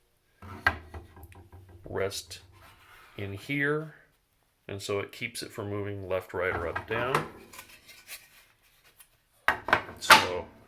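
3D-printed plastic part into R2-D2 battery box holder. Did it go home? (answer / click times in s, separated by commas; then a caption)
yes / 9.5 s. A 3D-printed plastic part for an R2-D2 battery box assembly is pressed into its holder, which keeps it from moving left, right, up or down. Someone talks while handling the part, with light plastic taps and rubbing. At 9.5 s it snaps into place with a sharp click and is seated, with just a tiny bit of movement left.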